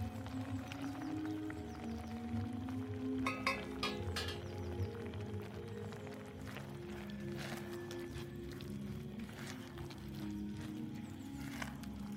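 A kitchen with old-time music playing underneath, a steady, muffled murmur of low tones and sustained notes throughout. Sharp clinks and clatters break in around three to four and a half seconds, with lighter taps scattered later.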